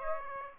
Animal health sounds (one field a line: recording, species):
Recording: mosquito wingbeat signal from an infrared sensor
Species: Aedes aegypti